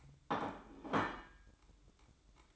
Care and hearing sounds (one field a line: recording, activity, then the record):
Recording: daily activity, microphone in the room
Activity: place plate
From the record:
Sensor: 3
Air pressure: 1007.4 hPa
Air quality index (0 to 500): 50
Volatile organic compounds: 1 ppm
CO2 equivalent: 578 ppm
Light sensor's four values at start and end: 8/20/8/8 and 8/20/8/8